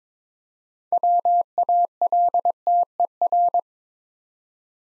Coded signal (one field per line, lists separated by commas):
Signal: Morse code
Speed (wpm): 22 wpm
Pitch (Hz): 700 Hz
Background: none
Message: WALTER